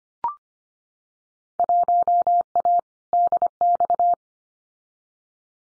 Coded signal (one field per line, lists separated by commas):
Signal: Morse code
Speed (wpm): 25 wpm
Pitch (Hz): 700 Hz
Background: none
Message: 1A DX